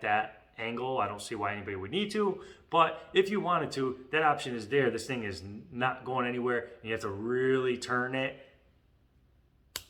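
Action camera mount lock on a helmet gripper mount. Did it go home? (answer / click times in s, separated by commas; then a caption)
yes / 9.8 s. Someone talks for most of the clip while turning the locking mechanism of an action camera mount on a helmet gripper mount hard toward the lock position. After a short quiet stretch, a single sharp click sounds at 9.8 s as the lock seats in place.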